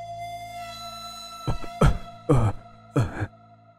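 A sick man coughs about four times in a row, harsh, throaty bursts with short pauses between them, against a low steady background hum.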